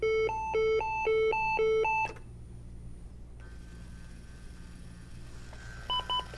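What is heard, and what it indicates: A rapid alternating two-note electronic tone repeats for about two seconds, then stops and the room goes quiet, with a few short beeps near the end. This is an automated external defibrillator's shock sequence, sounding after the prompt to push to shock during the second cycle, about two minutes of CPR after the previous shock; the device then prompts rescuers to start CPR.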